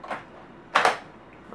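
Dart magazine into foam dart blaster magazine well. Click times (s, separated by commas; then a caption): 0.8 s. A plastic dart magazine is slid into the magazine well of a Nerf N-Strike Elite RapidStrike CS-18 foam dart blaster. After a faint opening tap, it seats with a sharp, loud click at 0.8 s, and a softer tap follows near the end. The magazine is seated.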